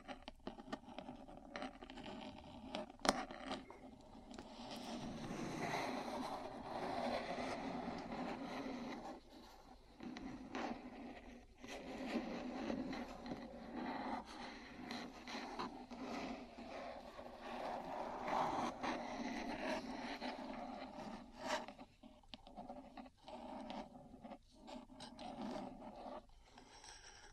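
Metal parts scrape and scratch against each other in long rubbing passes, with a rough, grinding texture and a few sharp taps, one standing out near three seconds. The scraping runs nearly continuously, easing briefly around ten seconds and turning choppier toward the end.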